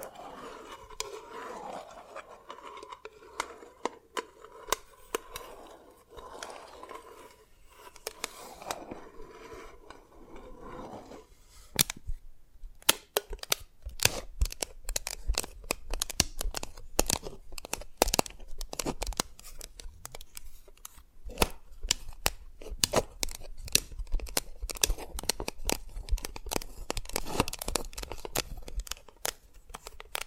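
Tapping and cracking on dalgona candy. The first ten seconds hold a wavering scraping sound in repeated strokes, then after a brief pause come dense, sharp, irregular clicks and snaps that continue steadily to the end.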